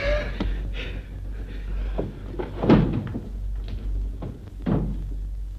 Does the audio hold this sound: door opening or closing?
yes